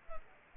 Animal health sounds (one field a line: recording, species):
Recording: mosquito wingbeat signal from an infrared sensor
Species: Culex pipiens